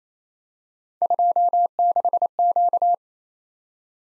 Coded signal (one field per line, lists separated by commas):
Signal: Morse code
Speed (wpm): 27 wpm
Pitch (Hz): 700 Hz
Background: none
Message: 26Q